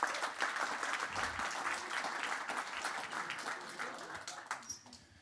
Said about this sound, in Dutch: En ik wil de geweldige crew van het Metropool nog even dankzeggen. Iedere keer staan ze weer trouw klaar. En als je ziet wat voor een enorme gastvrijheid. Dat is echt ongelooflijk. Geef ze even een warm applaus hier.